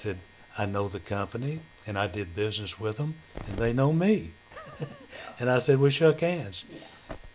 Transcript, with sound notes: I said, "I know the company and I did business with 'em and they know me. (Laughter) And I said, "We shook hands."
Yeah.